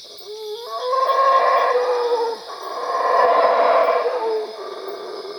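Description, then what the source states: Howler monkey howls, a deep rough roaring in two long swelling bursts, each fading with a descending moan, over a steady high hum. Recorded at Cuevas.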